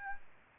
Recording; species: mosquito wingbeat signal from an infrared sensor; Aedes albopictus